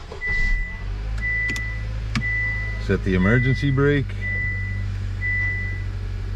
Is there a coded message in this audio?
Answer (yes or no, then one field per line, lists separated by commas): no